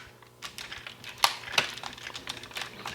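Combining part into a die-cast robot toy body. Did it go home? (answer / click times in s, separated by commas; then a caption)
yes / 1.2 s. A combining part is pushed back into the body of a Bandai 2020 Voltes V DX Chogokin die-cast robot toy, giving a sharp click at 1.2 s amid lighter plastic tapping and rattling. The part seats and locks in place tightly.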